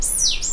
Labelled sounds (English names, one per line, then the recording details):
Stitchbird song
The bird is a male
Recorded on Tiritiri Matangi Island, New Zealand, in 2005
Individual 2, of nest box 2